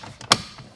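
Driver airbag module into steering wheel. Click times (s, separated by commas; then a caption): 0.3 s. A driver airbag module, lined up with the holes, is pushed into the steering wheel of a BMW (F90, G20, G30, G80, G82) during a paddle shifter install. A faint tick at 0.2 s is followed by a loud, sharp snap at 0.3 s as the spring clips latch and the module seats.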